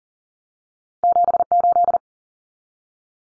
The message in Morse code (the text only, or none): 78